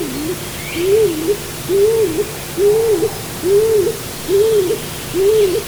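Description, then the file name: Stock dove cooing: a low, hollow, arched note repeated about once a second, several times, over a steady low rumble and hiss. "Hohltaube"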